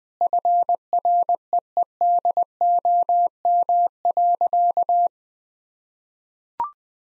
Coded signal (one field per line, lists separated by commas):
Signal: Morse code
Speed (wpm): 21 wpm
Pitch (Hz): 700 Hz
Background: none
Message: FREEDOM.